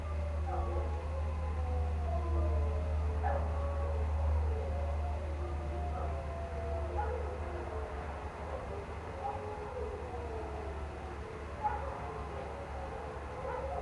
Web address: Omar Alvarado - Minimal ambiences ambience outdoors late night, cold winter air, pack of canine howling into the night and man made water fountain. Sonniss